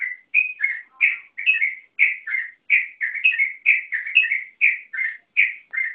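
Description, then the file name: Yellow-vented bulbul song: a steady run of short bubbly whistled phrases repeating through the whole stretch; no other sounds. Local name trucukan; song style called ropel panjang, a long continuous song. "suara burung trucukan ropel panjang"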